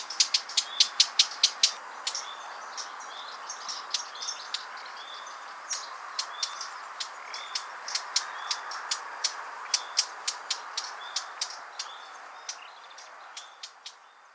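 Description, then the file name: Eurasian blackcap giving hard, dry tacking calls in an irregular series of sharp clicks, a few per second. "Sylvia atricapilla"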